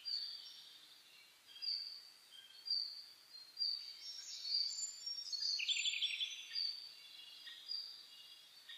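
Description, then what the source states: Birds in a dawn chorus, high twittering and chirping phrases overlapping, with bursts of louder song roughly every second over a steady high hiss. Dawn chorus birdsong recorded on 10 May 2010, at 04:01.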